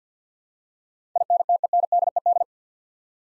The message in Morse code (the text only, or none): INTENDED